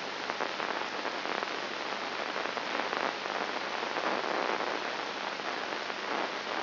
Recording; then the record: brain microelectrode recording played as sound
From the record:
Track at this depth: inside the subthalamic nucleus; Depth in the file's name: 2.902 mm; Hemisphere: left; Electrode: 2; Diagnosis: Parkinson's disease